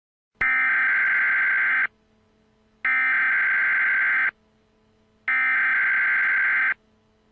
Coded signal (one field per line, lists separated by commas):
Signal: Emergency Alert System (SAME) tones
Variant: header bursts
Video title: EAS Mini Scenario: The UFO!